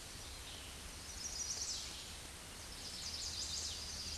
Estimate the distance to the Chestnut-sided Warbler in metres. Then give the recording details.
about 20 m. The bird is about level with the microphone. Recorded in a Pennsylvania forest on 16 May 2024 at 08:04. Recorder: AudioMoth, point MSD-0475. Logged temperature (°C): 12.3 °C. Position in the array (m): 129 m, 8 m